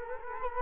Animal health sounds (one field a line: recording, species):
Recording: mosquito wingbeat signal from an infrared sensor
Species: Culex quinquefasciatus